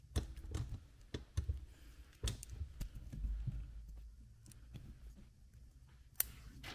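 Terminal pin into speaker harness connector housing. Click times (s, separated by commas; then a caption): 6.2 s. After the plastic lock is pushed back, a metal terminal pin is pushed into the plastic speaker-harness connector housing of a Ford Foxbody Mustang. Scattered small ticks and handling taps come first, then one loud, sharp click at 6.2 s as the pin locks in. The pin is seated.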